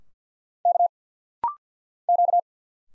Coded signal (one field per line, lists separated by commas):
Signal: Morse code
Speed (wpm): 50 wpm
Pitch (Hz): 700 Hz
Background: none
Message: K Q